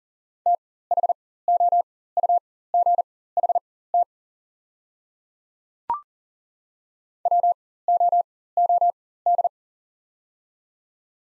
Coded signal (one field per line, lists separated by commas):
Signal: Morse code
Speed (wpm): 40 wpm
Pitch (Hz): 700 Hz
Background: none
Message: THOUGHT WOOD